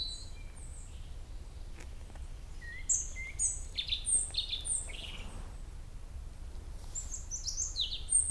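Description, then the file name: European robin song: sparkling high whistles, a few lower notes and rapid trilled flourishes in several phrases, with a pause midway and steady low background noise. "Erithacus rubecula"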